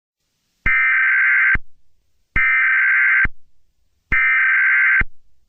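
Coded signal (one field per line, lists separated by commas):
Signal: Emergency Alert System (SAME) tones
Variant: header bursts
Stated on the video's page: Fictional EAS scenario.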